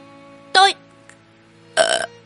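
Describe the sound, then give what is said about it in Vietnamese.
Two voiced, throaty burps after a meal eaten from a pot with wooden spoons, separated by a short pause. The first is brief, and the second is longer and more rattling. Both are loud against an otherwise quiet background. “Polly Dabberg ở ra một hơi dài.”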